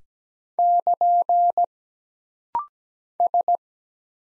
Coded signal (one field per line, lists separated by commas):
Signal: Morse code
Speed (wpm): 17 wpm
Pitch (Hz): 700 Hz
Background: none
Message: <KN> S